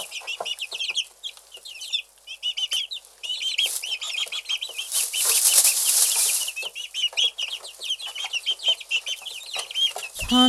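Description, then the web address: Chickens calling, a dense chorus of high peeping notes with bursts of rushing noise in the middle and a low thud at the end. Farm chickens. "bird farm chickens"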